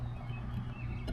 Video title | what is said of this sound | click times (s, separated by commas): First RV Mods and Installs: Season 2 Ep 2 | It's locked in. | 1.1 s